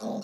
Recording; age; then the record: pig call; piglet (1 to 25 days)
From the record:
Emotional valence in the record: negative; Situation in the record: long isolation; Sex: female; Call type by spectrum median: low-frequency call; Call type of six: mixed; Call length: 0.24 s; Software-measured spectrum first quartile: 227 Hz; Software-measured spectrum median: 442 Hz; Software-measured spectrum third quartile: 786 Hz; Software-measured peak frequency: 219 Hz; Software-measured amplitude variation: 125 dB a second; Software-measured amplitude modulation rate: 18.3 a second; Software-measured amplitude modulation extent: 6.8 dB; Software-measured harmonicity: 3.7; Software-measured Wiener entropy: -0.40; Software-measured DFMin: 1059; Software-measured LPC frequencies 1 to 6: 620, 2628, 3686, 4304, 5563, 6874 Hz